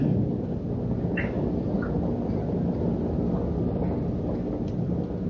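Steady, continuous rain hiss with a deep rumble of thunder rolling underneath for the whole stretch, plus a couple of faint high chirps early on. No voices.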